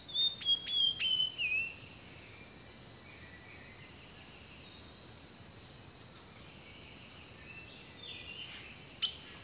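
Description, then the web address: Bird song: a quick run of several clear whistled notes sliding downward, then quiet insect hum and a late sharp chip. Rainforest birdsong. "The Natural Sounds of the Wilderness Echoes of Nature - Rainforest Birdsong"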